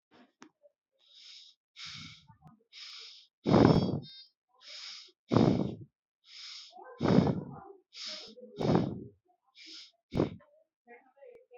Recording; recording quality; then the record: shallow breathing; excellent, no background noise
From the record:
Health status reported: COVID-19 positive, mild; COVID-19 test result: positive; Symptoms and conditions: fever, loss of smell and taste, diabetes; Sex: male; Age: 47 years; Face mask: not worn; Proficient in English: yes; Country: India